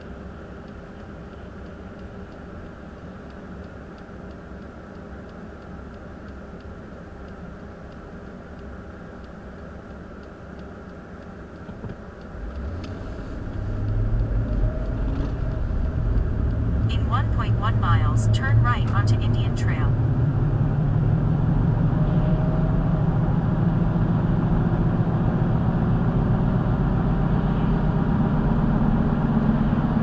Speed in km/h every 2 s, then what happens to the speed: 0, 0, 0, 0, 0, 0, 0, 26, 32, 45, 55, 61, 66, 69, 74.
0-12 standing. 12-30 pulls away to 74.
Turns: 12-18.